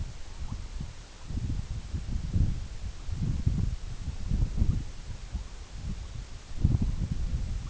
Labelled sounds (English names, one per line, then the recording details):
none
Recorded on Arctic tundra, site EABA-MC, on 21 June 2019
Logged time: 20:00